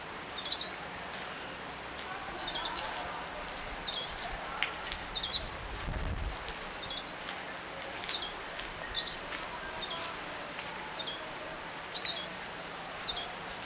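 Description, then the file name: European goldfinch uttering brief high chirps at irregular intervals, with clicking and pattering sounds in the background. "Carduelis carduelis"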